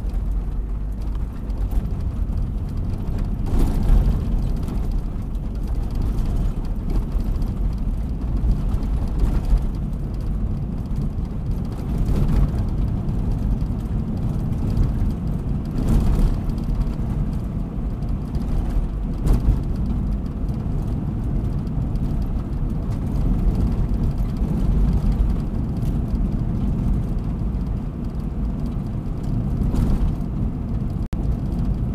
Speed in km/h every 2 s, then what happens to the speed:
26, 36, 41, 48, 50, 52, 53, 55, 56, 57, 57, 56, 57, 58, 57, 56.
0-13 speeds up to 55. 13-32 steady at about 57.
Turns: none.